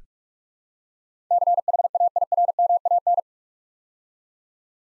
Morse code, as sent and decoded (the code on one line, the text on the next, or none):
-.-. .... .- .. .-. -- .- -.
CHAIRMAN